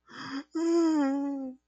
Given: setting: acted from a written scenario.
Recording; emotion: vocal sound without words; sadness